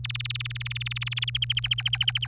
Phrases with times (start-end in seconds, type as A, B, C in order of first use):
0.04-1.37 A, 1.42-2.27 B